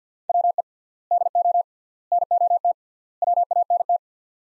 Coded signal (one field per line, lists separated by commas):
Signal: Morse code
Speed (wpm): 48 wpm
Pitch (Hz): 700 Hz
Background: none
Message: WE DO NOT WANT